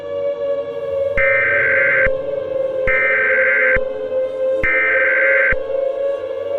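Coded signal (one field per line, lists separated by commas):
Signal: Emergency Alert System (SAME) tones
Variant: header bursts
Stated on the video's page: Fictional EAS scenario made with editing software, containing valid EAS tones and sirens.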